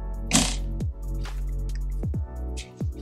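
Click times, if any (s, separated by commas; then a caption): 0.4 s. A side panel of the shading hood for a BenQ SW271C monitor is pushed onto its mount on the monitor body and clicks into place at 0.4 s. The panel is seated with a short, sharp click over steady background music, and a few fainter ticks follow.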